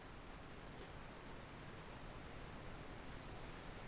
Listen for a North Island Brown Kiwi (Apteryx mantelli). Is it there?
no